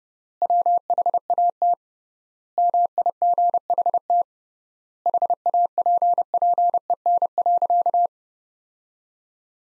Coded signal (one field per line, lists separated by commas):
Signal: Morse code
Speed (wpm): 30 wpm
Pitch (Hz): 700 Hz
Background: none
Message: WHAT MIGHT HAPPEN.